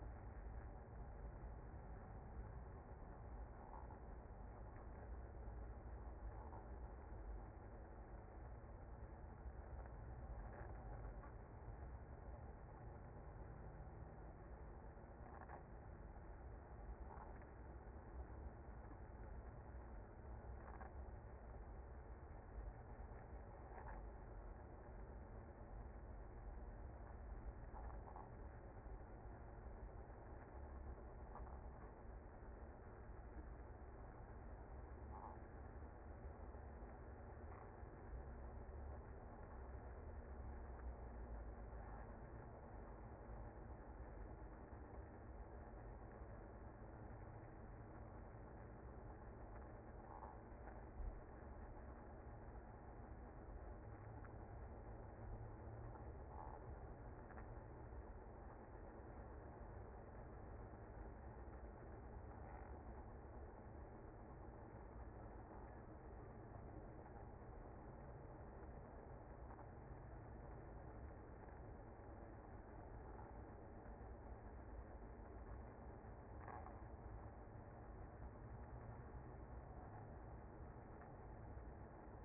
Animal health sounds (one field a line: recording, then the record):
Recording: honeybee colony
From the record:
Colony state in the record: active